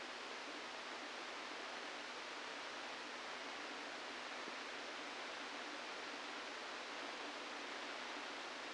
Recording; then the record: brain microelectrode recording played as sound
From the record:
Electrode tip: inside the subthalamic nucleus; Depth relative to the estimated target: 1 mm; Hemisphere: left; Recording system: NeuroSet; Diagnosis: Parkinson's disease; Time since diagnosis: 17 years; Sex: male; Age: 64 years